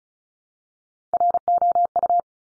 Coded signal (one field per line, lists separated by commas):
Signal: Morse code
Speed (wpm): 36 wpm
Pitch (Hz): 700 Hz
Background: none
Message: ROU